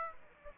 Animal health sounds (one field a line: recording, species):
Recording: mosquito wingbeat signal from an infrared sensor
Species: Aedes aegypti